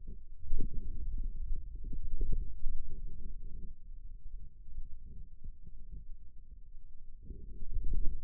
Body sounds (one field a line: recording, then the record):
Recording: forearm muscle sounds (acoustic myography)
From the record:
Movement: inward rotation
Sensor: system 2, bracelet of six BSWA MPA416 microphones around the upper forearm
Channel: 1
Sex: male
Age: 22 years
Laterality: right